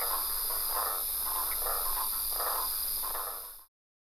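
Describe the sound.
Frog calls as short raspy bursts, about two a second in a steady rhythm, under a constant high hiss; the recording cuts off abruptly near the end.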